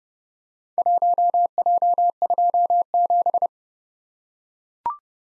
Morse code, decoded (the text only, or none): 1J27